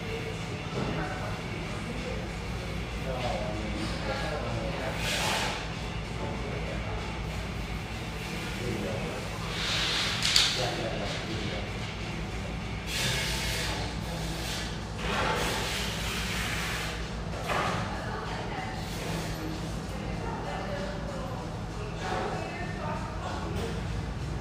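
Espresso house hum: steady low drone with constant murmured talk, and brief bright clatters and hisses around 5, 10, 13 and 17 seconds.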